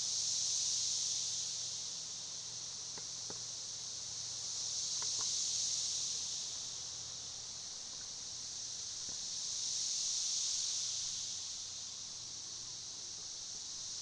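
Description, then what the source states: Cicada song rising and falling in smooth waves, swelling louder roughly every four to five seconds, with a few soft clicks underneath. Recorded 1 June 2011.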